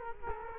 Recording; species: mosquito wingbeat signal from an infrared sensor; Culex quinquefasciatus